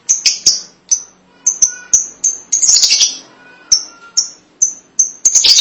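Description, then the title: Lovebird uttering sharp, high-pitched chirps in irregular quick succession, with a short raspy chatter partway through. "BM Suara Burung Lovebird"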